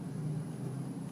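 A plastic wiring harness connector, with its release clip facing up, is pushed toward the SYNC 3 infotainment module port during a 4" to 8" factory SYNC 3 upgrade conversion on a 2018+ Ford EcoSport. Only a steady low rumble and a faint high-pitched whine are heard. Nothing has seated or clicked yet.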